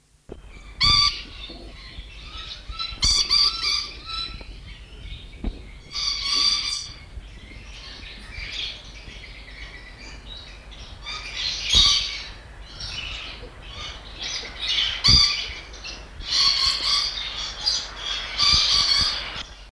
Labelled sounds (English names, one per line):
Sunset Lorikeet call